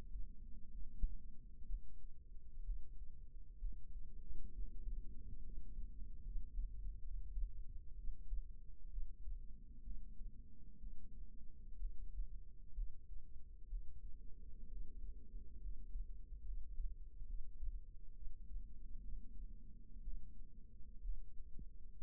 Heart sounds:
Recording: heart sounds by microphone in the right ear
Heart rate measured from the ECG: 65 bpm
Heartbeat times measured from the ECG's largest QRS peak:
0.70 s: heartbeat
1.65 s: heartbeat
2.63 s: heartbeat
3.58 s: heartbeat
4.52 s: heartbeat
5.41 s: heartbeat
6.22 s: heartbeat
7.01 s: heartbeat
7.95 s: heartbeat
8.88 s: heartbeat
9.82 s: heartbeat
10.78 s: heartbeat
11.76 s: heartbeat
12.73 s: heartbeat
13.67 s: heartbeat
14.67 s: heartbeat
15.59 s: heartbeat
16.43 s: heartbeat
17.26 s: heartbeat
18.12 s: heartbeat
19.00 s: heartbeat
20.02 s: heartbeat
21.01 s: heartbeat
21.97 s: heartbeat
From the record:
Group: healthy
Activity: rest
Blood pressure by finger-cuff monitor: 142/67 mmHg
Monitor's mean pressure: 91 mmHg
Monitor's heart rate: 64 bpm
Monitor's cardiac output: 6.4 L/min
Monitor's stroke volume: 99 mL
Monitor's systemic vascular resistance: 1030 dyn s/cm5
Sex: female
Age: 37 years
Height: 168 cm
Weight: 70 kg

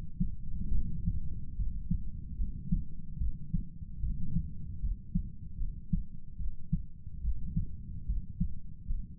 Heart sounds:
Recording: heart sounds by stethoscope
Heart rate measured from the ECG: 74 bpm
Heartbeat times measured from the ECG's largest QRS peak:
0.72 s: heartbeat
1.57 s: heartbeat
2.37 s: heartbeat
3.18 s: heartbeat
4.01 s: heartbeat
4.81 s: heartbeat
5.58 s: heartbeat
6.38 s: heartbeat
7.22 s: heartbeat
8.07 s: heartbeat
8.88 s: heartbeat
From the record:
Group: healthy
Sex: male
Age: 35 years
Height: 180 cm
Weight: 86.9 kg

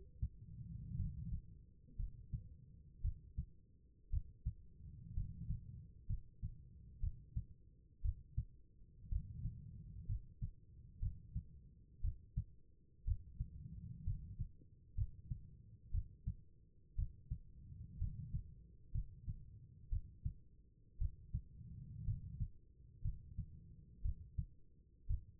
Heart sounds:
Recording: heart sounds by stethoscope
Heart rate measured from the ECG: 60 bpm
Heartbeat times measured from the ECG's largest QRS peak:
0.96 s: heartbeat
1.96 s: heartbeat
3.01 s: heartbeat
4.10 s: heartbeat
5.14 s: heartbeat
6.07 s: heartbeat
7.00 s: heartbeat
8.02 s: heartbeat
9.09 s: heartbeat
10.06 s: heartbeat
10.99 s: heartbeat
12.01 s: heartbeat
13.04 s: heartbeat
14.04 s: heartbeat
14.95 s: heartbeat
15.91 s: heartbeat
16.95 s: heartbeat
17.98 s: heartbeat
18.92 s: heartbeat
19.89 s: heartbeat
20.98 s: heartbeat
22.04 s: heartbeat
23.02 s: heartbeat
24.02 s: heartbeat
25.07 s: heartbeat
From the record:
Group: healthy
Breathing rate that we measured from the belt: 14 breaths a minute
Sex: female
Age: 36 years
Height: 163 cm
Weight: 88 kg

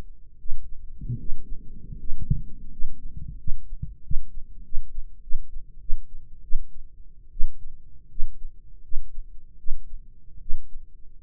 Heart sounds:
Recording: heart sounds by microphone in the right ear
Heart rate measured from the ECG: 83 bpm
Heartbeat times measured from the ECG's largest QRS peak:
0.36 s: heartbeat
1.16 s: heartbeat
1.97 s: heartbeat
2.69 s: heartbeat
3.36 s: heartbeat
4.01 s: heartbeat
4.62 s: heartbeat
5.20 s: heartbeat
5.79 s: heartbeat
6.41 s: heartbeat
7.30 s: heartbeat
8.08 s: heartbeat
8.82 s: heartbeat
9.57 s: heartbeat
10.39 s: heartbeat
11.22 s: heartbeat
From the record:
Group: healthy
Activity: rest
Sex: male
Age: 21 years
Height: 180 cm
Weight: 67.5 kg

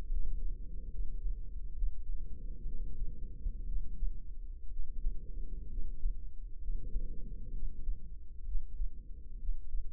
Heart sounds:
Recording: heart sounds by microphone in the left ear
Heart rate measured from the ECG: 65 bpm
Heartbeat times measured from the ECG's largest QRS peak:
0.09 s: heartbeat
0.89 s: heartbeat
1.72 s: heartbeat
2.63 s: heartbeat
3.64 s: heartbeat
4.68 s: heartbeat
5.67 s: heartbeat
6.58 s: heartbeat
7.50 s: heartbeat
8.43 s: heartbeat
9.37 s: heartbeat
From the record:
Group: healthy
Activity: rest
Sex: female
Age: 32 years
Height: 172 cm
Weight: 71.7 kg

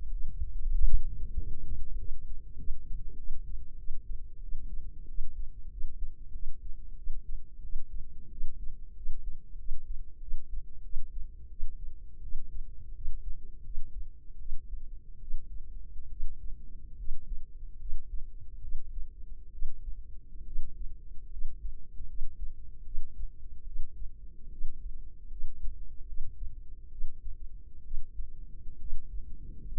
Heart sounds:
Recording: heart sounds by microphone in the left ear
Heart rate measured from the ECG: 81 bpm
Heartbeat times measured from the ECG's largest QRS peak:
0.08 s: heartbeat
0.71 s: heartbeat
1.35 s: heartbeat
1.95 s: heartbeat
2.55 s: heartbeat
3.15 s: heartbeat
3.75 s: heartbeat
4.39 s: heartbeat
5.06 s: heartbeat
5.68 s: heartbeat
6.31 s: heartbeat
6.95 s: heartbeat
7.61 s: heartbeat
8.29 s: heartbeat
8.94 s: heartbeat
9.57 s: heartbeat
10.19 s: heartbeat
10.82 s: heartbeat
11.48 s: heartbeat
12.21 s: heartbeat
12.93 s: heartbeat
13.63 s: heartbeat
14.37 s: heartbeat
15.19 s: heartbeat
16.09 s: heartbeat
16.96 s: heartbeat
17.78 s: heartbeat
18.61 s: heartbeat
19.51 s: heartbeat
20.45 s: heartbeat
21.30 s: heartbeat
22.07 s: heartbeat
22.83 s: heartbeat
23.64 s: heartbeat
24.50 s: heartbeat
25.29 s: heartbeat
26.05 s: heartbeat
26.89 s: heartbeat
27.82 s: heartbeat
28.78 s: heartbeat
29.65 s: heartbeat
From the record:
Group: healthy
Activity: cold pressor test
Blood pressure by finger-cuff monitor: 96/58 mmHg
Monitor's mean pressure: 71 mmHg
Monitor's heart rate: 80 bpm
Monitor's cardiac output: 6.7 L/min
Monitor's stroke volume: 84 mL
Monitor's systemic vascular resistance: 760 dyn s/cm5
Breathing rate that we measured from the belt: 15 breaths a minute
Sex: female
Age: 23 years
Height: 160 cm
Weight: 50.4 kg

